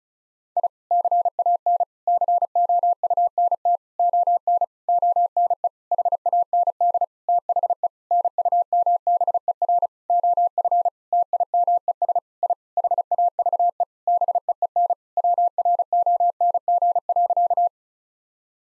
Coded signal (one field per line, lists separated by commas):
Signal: Morse code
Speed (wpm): 36 wpm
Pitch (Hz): 700 Hz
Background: none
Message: I CAN COUNT ON ONE HAND THE NUMBER OF TIMES I HAVE BEEN WRONG.